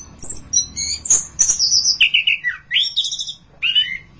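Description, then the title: Thrush song, a phrase of high sweeping whistles followed by lower slurred notes and a final short whistle. "burung anis x"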